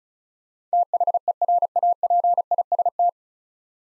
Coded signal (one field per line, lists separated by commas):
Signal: Morse code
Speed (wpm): 36 wpm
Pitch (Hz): 700 Hz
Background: none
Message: THERAPIST